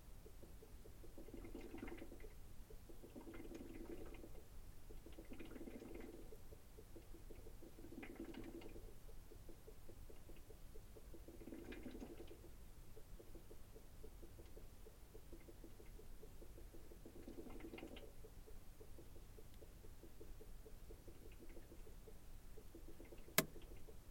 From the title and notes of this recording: Inside my fridge. What goes on inside a fridge when the door is closed.